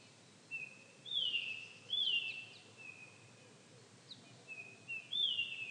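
Eurasian bullfinch calls, soft low whistled notes, each gently falling, given singly or in short pairs over a faint steady background hiss.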